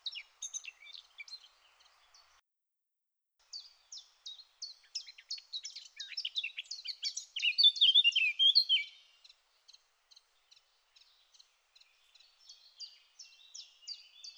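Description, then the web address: Eurasian blackcap song with long runs of quick, high ticking notes around loud, tumbling, fluty warbles, with a brief pause near the start. "SETE data Sylvia atricapilla"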